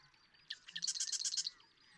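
Marsh Wren song: a short rattle of rapid notes lasting about a second.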